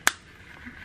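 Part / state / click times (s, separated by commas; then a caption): metal spring snap set into fabric by a table press / seated / 0.1 s. A metal spring snap sits in the dies of a KAM Professional Table Press (DK93), and the handle is pulled down to set it into fabric. One sharp, bright clack at 0.07 s spreads across the whole range, then fades into faint, quiet background noise. The snap is seated in the material.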